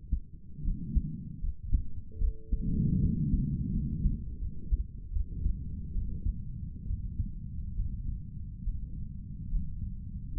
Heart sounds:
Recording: heart sounds by stethoscope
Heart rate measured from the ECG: 74 bpm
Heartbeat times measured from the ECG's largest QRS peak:
0.64 s: heartbeat
1.42 s: heartbeat
2.19 s: heartbeat
3.01 s: heartbeat
3.72 s: heartbeat
4.40 s: heartbeat
5.12 s: heartbeat
5.93 s: heartbeat
6.86 s: heartbeat
7.76 s: heartbeat
8.64 s: heartbeat
9.51 s: heartbeat
10.32 s: heartbeat
From the record:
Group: healthy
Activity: rest 0-3 s, Valsalva maneuver 3-10 s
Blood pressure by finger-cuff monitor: 85/58 mmHg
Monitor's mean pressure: 67 mmHg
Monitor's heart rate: 72 bpm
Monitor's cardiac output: 5.7 L/min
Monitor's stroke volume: 77 mL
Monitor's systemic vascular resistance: 820 dyn s/cm5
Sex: female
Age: 22 years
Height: 163 cm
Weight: 67.1 kg

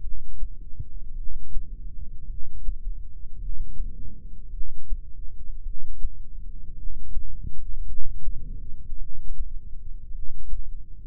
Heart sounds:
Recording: heart sounds by microphone in the left ear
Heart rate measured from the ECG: 54 bpm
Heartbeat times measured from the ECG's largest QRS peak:
1.13 s: heartbeat
2.25 s: heartbeat
3.36 s: heartbeat
4.48 s: heartbeat
5.61 s: heartbeat
6.73 s: heartbeat
7.84 s: heartbeat
8.96 s: heartbeat
10.09 s: heartbeat
From the record:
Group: heart failure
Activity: rest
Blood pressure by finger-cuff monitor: 86/66 mmHg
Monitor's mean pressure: 72 mmHg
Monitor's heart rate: 54 bpm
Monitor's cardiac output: 2.5 L/min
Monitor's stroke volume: 47 mL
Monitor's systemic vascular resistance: 2070 dyn s/cm5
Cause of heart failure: non-ischemic cardiomyopathy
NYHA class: 1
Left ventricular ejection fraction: 52%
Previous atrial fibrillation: present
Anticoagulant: apixaban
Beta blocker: bisoprolol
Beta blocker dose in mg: 10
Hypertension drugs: sacubitril-valsartan, spironolactone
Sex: female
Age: 68 years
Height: 169 cm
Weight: 71 kg

